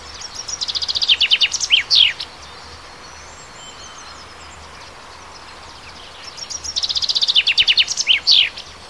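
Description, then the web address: Songbird singing a rattling run of falling notes that speeds up and closes with an emphatic flourish, given twice. Native bird of the forest, recorded in March. "wald-1 vogel maerz vogel m 3 1 1 heimisch"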